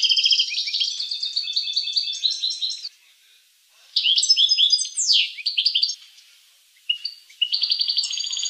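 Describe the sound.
Finch song: long twittering phrases of fast repeated notes and buzzy trills, with pauses between them and a sharp falling sweep in the middle phrase.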